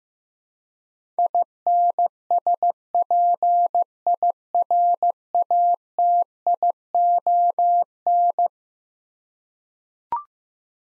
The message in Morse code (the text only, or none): INSPIRATION